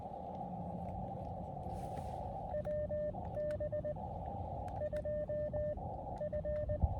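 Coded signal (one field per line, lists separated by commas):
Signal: Morse code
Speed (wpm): 19 wpm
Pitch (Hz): 600 Hz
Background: radio noise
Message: WB2F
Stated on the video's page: Combined SOTA and POTA QRP activation from a small winter hill summit, with a lot of DX worked.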